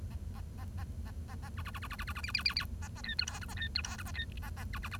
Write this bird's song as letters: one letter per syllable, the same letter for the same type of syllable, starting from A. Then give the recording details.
A A A A A A A B B B B B B B B C C C C A A D E F G A D E F G A D A A B B B. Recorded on 1 October 2012 at 10:43. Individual or60yw70